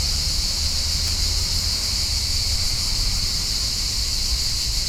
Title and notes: Parque Vale do Silêncio, 1800 Lisbon, Portugal - Summer cicadas. High volume cicadas on the park